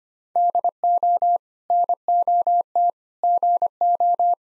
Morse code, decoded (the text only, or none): DO NOT GO